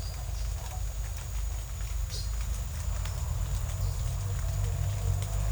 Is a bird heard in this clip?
no